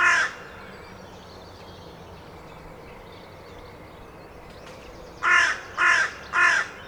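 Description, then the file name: Carrion crow giving one caw at the start, then after a long quiet gap three harsh caws in quick succession. "Corvus corone"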